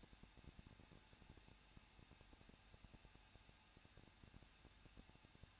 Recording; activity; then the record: daily activity, microphone in the room; no activity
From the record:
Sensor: 2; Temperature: 21.0 degrees Celsius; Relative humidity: 37.5%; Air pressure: 1006.3 hPa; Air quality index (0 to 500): 223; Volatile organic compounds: 25 ppm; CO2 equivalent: 2834 ppm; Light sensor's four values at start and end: 2/3/2/2 and 2/3/2/2